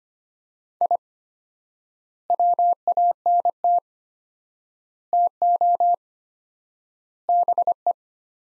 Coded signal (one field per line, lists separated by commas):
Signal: Morse code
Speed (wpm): 25 wpm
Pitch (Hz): 700 Hz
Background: none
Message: I WANT TO BE